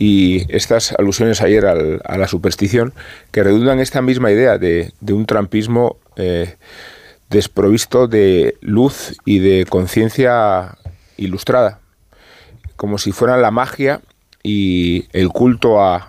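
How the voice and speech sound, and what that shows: An adult man speaks Spanish in a fluent, low-pitched, steady voice, with brief filled pauses and short gaps between phrases at an ordinary commentary pace. His voice is clear, with no hoarseness, slurring or stuttering, consistent with normal adult speech.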